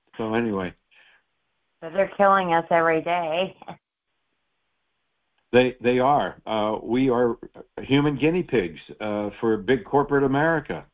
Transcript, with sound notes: So, anyway.
But they're killing us every day. (laughs)
They, they are. Uh, we are, uh, human guinea pigs, uh, for big corporate America.